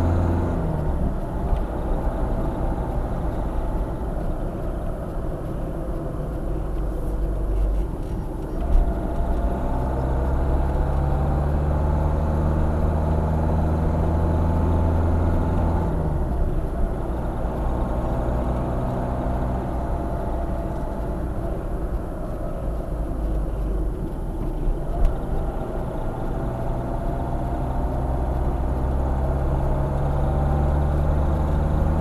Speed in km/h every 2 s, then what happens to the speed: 59, 54, 46, 42, 47, 56, 59, 59, 62, 61, 51, 39, 44, 48, 55, 56.
0-5 slows to 42. 7-16 speeds up to 62. 18-21 brakes to 39. 25-32 speeds up to 56.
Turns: 20-27.